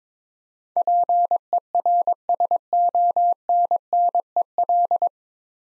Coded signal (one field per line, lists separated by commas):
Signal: Morse code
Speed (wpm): 22 wpm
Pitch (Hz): 700 Hz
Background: none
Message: PERSONNEL